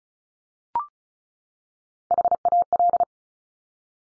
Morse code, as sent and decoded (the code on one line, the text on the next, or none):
.... .- .-..
HAL